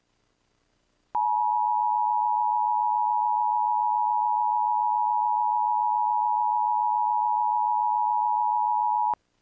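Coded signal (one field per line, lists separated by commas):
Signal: Emergency Alert System (SAME) tones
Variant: 853 and 960 Hz attention tone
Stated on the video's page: Fictional, not real EAS broadcast, for entertainment; may or may not contain valid tones.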